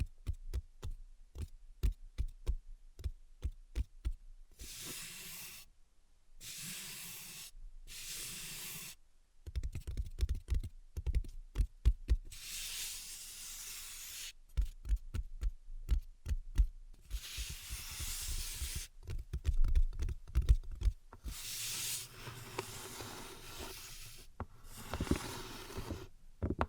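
Invisible tapping and scratching: quick sharp taps open, then bright, hissy scratching bursts come and go with sudden silent gaps and scattered taps between.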